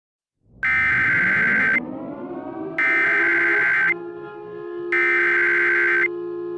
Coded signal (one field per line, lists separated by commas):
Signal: Emergency Alert System (SAME) tones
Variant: header bursts